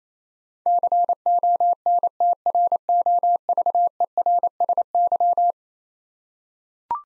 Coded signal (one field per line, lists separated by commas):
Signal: Morse code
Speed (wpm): 28 wpm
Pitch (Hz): 700 Hz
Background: none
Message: CONTROVERSY